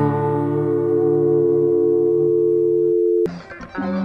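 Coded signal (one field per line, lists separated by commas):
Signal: telephone call progress tone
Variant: North America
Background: music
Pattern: dial tone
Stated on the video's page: Call-in podcast show taking calls through a USB sound card and a Cisco IP phone.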